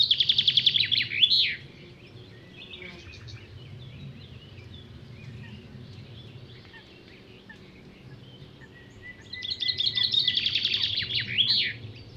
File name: erdei pinty hangja